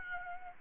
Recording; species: mosquito wingbeat signal from an infrared sensor; Aedes albopictus